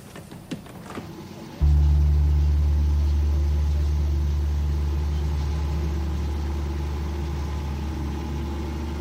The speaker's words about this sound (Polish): I pojechał autobus przepełniony jak zwykle.